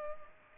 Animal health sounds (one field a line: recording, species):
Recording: mosquito wingbeat signal from an infrared sensor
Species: Culex pipiens